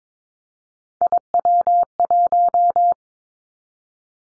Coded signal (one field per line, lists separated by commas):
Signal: Morse code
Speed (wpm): 22 wpm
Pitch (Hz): 700 Hz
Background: none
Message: IW1